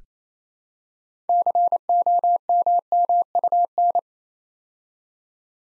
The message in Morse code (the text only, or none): COMMUN